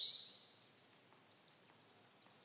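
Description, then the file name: Eurasian wren trill: a single sustained, very high, fast rattling trill lasting about two seconds, then fading out, over faint background hiss. "Troglodytes troglodytes"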